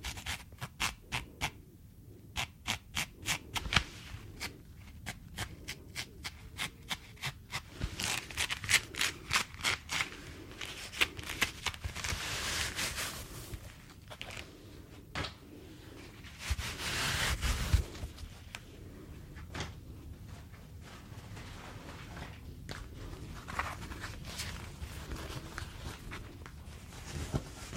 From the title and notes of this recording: ASMR - Super Tingly Glove Sounds - Latex Gloves, Cleaning Gloves, No Talking.